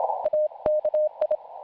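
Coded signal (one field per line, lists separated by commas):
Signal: Morse code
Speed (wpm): 26 wpm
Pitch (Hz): 610 Hz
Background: none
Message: AKI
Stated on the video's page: CW QSO at a calm speed with carefully formed words, received on an SDR.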